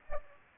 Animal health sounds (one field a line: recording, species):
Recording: mosquito wingbeat signal from an infrared sensor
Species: Aedes aegypti